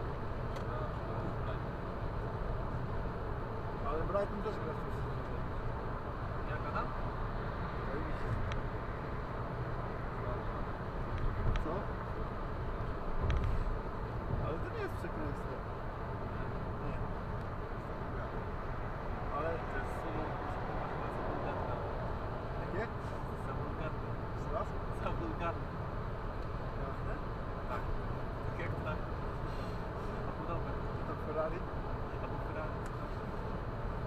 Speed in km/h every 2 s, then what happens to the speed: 114, 108, 107, 108, 108, 108, 108, 108, 108, 108, 108, 108, 109, 109, 109, 109, 110.
0-3 slows to 107. 3-34 steady at about 108.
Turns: none.